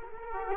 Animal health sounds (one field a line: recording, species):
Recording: mosquito wingbeat signal from an infrared sensor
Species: Culex quinquefasciatus